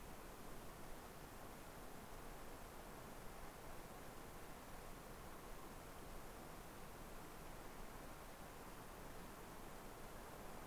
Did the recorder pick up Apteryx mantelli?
no